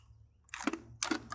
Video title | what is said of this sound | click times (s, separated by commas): M249 Para Review | till it clicks. | 1.0 s